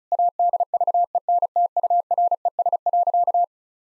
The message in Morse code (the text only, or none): ADVENTURES.